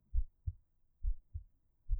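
Steady paired low thumps, lub-dub, at about 68 beats a minute: an adult woman's heartbeat with a regular rhythm.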